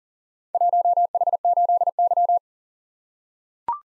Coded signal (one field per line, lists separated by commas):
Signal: Morse code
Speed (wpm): 42 wpm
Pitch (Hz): 700 Hz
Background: none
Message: 1H8Y